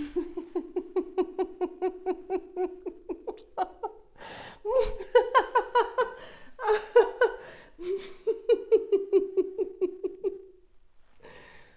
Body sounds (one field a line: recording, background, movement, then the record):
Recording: laughter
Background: quiet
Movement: sitting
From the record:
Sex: female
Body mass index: 21.8 kg/m2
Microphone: on the chest, facing outward